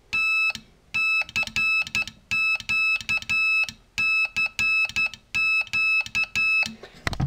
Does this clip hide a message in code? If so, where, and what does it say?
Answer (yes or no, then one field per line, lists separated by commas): yes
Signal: Morse code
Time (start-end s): 0.2-6.6 s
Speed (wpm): 11 wpm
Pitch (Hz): 2600 Hz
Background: none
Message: T CQ CQ